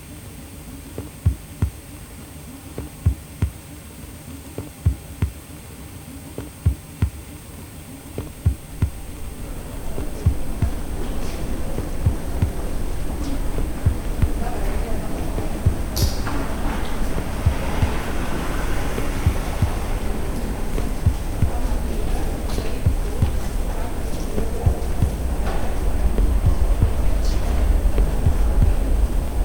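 Low rumbling hum with regular thudding pulses, then after about ten seconds a denser rushing wash swells in, with scattered crackles and clicks.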